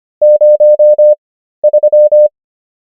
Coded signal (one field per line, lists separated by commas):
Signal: Morse code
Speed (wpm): 25 wpm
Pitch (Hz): 600 Hz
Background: none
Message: 03